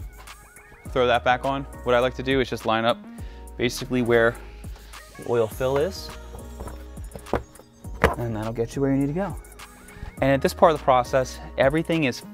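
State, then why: Seated. A plastic engine cover on a BMW 330i (B48/B46) is lined up with the oil filler opening and pressed down onto its mounting grommets on top of the engine. Someone talks throughout, and a few soft knocks from about 6.7 s lead to a loud final snap at 8.0 s. The cover is seated.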